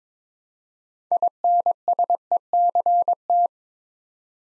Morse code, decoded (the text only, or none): INSECT